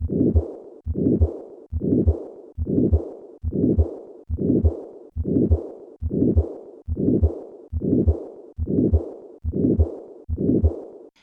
Significant aortic stenosis and aortic regurgitation.